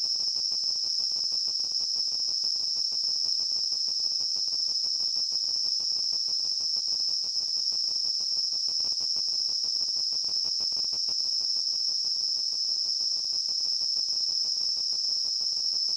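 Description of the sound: Simulated tinnitus: a steady, high-pitched ringing tone near 5 kHz that holds unchanged for the whole clip, over a faint, rapid, cricket-like buzzing.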